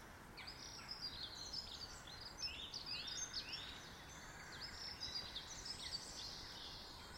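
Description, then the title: Birds singing, overlapping high twitters and downslurred whistled notes repeated throughout, over low steady background hiss. Birds in a garden. "Birds Sounds in the Garden"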